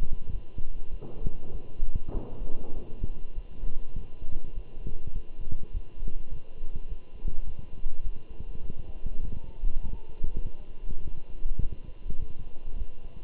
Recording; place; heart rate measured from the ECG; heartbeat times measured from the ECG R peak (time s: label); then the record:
heart sounds by stethoscope; between the tricuspid and mitral areas; 101 bpm
0.32 s: heartbeat
0.91 s: heartbeat
1.52 s: heartbeat
2.13 s: heartbeat
2.74 s: heartbeat
3.35 s: heartbeat
3.95 s: heartbeat
4.54 s: heartbeat
5.14 s: heartbeat
5.73 s: heartbeat
6.31 s: heartbeat
6.88 s: heartbeat
7.46 s: heartbeat
8.03 s: heartbeat
8.61 s: heartbeat
9.22 s: heartbeat
9.83 s: heartbeat
10.42 s: heartbeat
11.03 s: heartbeat
11.61 s: heartbeat
12.19 s: heartbeat
12.77 s: heartbeat
From the record:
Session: walking at 3.7 km/h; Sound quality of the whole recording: good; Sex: male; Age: 24 years